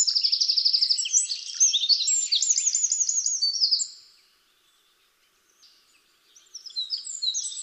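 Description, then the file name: Eurasian wren song: a rapid, high, tumbling run of trills and twittering notes lasting about four seconds, a pause, then another burst begins near the end. "Troglodytes troglodytes"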